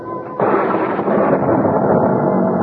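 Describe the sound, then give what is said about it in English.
A huge thunderclap from a thunderstorm bursts in suddenly after a brief low rumble, then gives way to a loud, sustained crackling roar of wood wrenching and splitting, with no voices. “I was startled by an enormous thunderclap, followed by the wrenching split of wood.”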